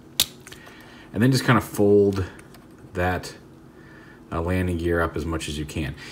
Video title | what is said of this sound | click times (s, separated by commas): Video Review: Transformers Cyberverse - Warrior Class STARSCREAM | then this assembly comes up there's a little T here on this red piece that's going to lock in up here | 0.2 s